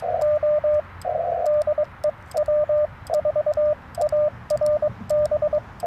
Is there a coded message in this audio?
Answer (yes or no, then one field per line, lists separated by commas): yes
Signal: Morse code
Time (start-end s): 0.2-5.6 s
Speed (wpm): 22 wpm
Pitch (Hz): 600 Hz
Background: radio noise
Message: O DE W4ARB